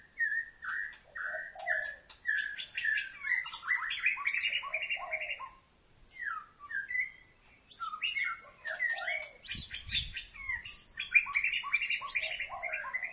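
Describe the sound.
White-rumped shama song in dense bursts of mixed whistles and quick chattering notes, a brief pause midway, then more varied rapid phrases and a low thud.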